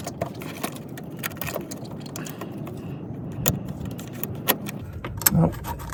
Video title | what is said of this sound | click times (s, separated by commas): Shifter Cable Replacement - 2007-2013 Silverado / Sierra - The problem was HIDING | Nope, it is just not, it is not clicking in. | none